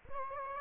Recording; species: mosquito wingbeat signal from an infrared sensor; Aedes aegypti